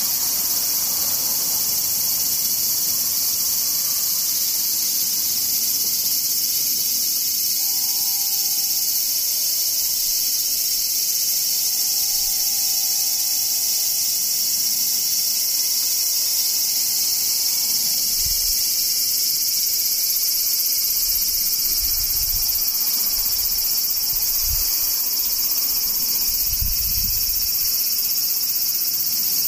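Cicadas buzz without pause through the whole recording, a dense, steady, high-pitched drone. From about 8 to 18 seconds a steady mid-pitched whine hums underneath, and several low thumps or rumbles come near the end, around 18, 22, 24 and 27 seconds.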